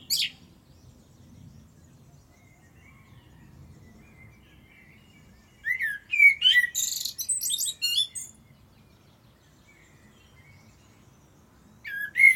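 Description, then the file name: Common blackbird song phrase after a long pause: brief whistled note then a burst of high squeaky twitters, with another short phrase starting at the end. "Turdus merula"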